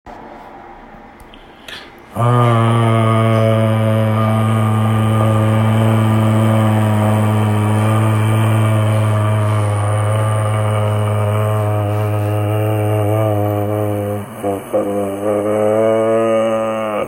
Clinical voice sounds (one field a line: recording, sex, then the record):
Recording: sustained vowel /a/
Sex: male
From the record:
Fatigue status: no fatigue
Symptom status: asymptomatic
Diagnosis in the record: COVID-19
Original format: m4a